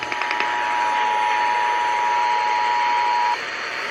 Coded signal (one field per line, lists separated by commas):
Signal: Emergency Alert System (SAME) tones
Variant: 853 and 960 Hz attention tone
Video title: DID SOMEONE SAY NEVADA? Broadcast Radio EAS: Required Monthly Test (EAS #416-419)